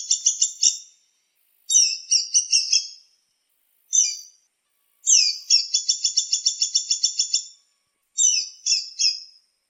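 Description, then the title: Songbird singing a series of high, sharp phrases, short chattering bursts alternating with one long, rapid, evenly repeated trill, with brief silent gaps between them. "SuaraBurung Kicau"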